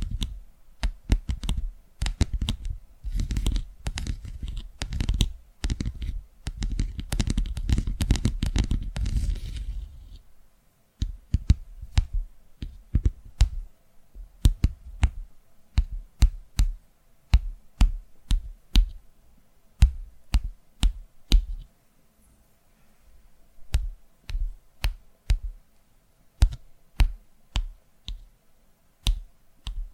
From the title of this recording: ASMR Tapping Through Your Brain